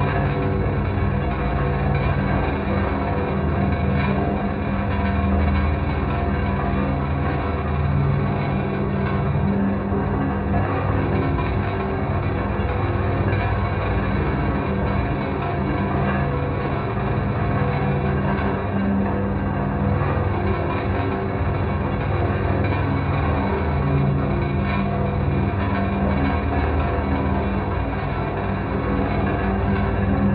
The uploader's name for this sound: Metalic Room - Brown Noise